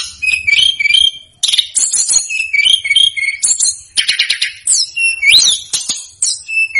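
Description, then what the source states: Snowy-browed flycatcher singing high whistled notes with quick upward slurs, interspersed with dense metallic rattles and tinkling twitters. Masteran song for training cage birds.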